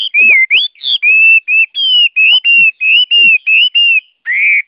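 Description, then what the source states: Chinese hwamei song of rich, sustained whistled notes, some slurred or wavering, delivered in a steady series of phrases. Song in the forest-voice style (giọng rừng).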